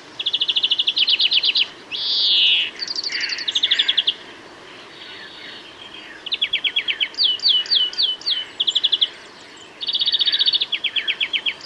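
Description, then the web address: European greenfinch song mixing bright trilled phrases and sweeping chirps with a nasal wheeze. "bbc Bird Song Site Greenfinch - Verdier"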